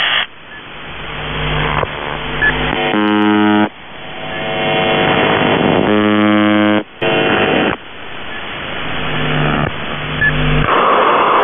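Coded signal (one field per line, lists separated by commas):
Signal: channel marker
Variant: UVB-76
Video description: "The Buzzer" is a Russian military radiostation that broadcasts on 4625 kHz.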